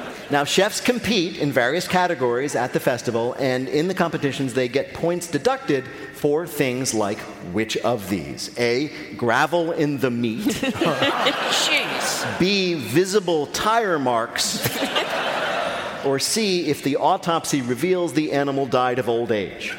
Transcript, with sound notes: Now, chefs compete in various categories at the festival. And in the competitions, they get points deducted for things like which of these? A - gravel in the meat...
(LAUGHTER)
Jeez.
...B - visible tire marks...
(LAUGHTER)
...Or C - if the autopsy reveals the animal died of old age.